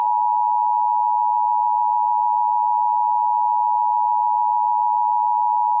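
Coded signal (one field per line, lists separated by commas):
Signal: Emergency Alert System (SAME) tones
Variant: 853 and 960 Hz attention tone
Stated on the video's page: Fictional Emergency Alert System scenario set in Wyoming, part of a simulated series.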